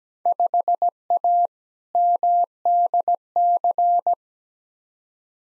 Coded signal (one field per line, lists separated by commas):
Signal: Morse code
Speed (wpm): 17 wpm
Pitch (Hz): 700 Hz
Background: none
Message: 5A MDC